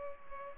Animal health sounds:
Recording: mosquito wingbeat signal from an infrared sensor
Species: Culex pipiens

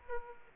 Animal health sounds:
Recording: mosquito wingbeat signal from an infrared sensor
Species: Aedes aegypti

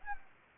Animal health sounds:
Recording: mosquito wingbeat signal from an infrared sensor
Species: Anopheles gambiae

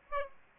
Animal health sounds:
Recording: mosquito wingbeat signal from an infrared sensor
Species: Aedes aegypti

